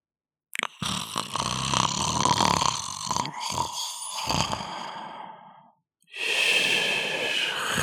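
One long, rough, buzzing in-breath of about five seconds with a fluttering, resonant rattle, a short pause, then a breathy, hissing out-breath. This is snoring, the vibration of the relaxed upper airway during sleep, as a sound effect.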